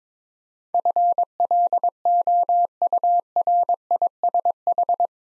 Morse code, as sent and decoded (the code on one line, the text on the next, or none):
..-. .-.. --- ..- .-. .. ... ....
FLOURISH